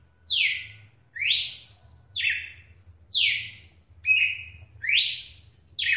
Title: Galo De Campina